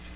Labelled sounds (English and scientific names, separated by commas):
Magnolia Warbler (Setophaga magnolia) flight call